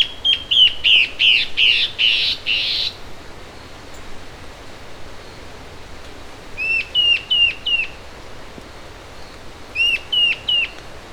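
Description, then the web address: Bird gives a harsh, buzzy series of several notes, then after a pause two short groups of clear, slightly falling calls. "BIRD SABIOD bird"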